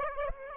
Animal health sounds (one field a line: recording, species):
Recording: mosquito wingbeat signal from an infrared sensor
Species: Aedes aegypti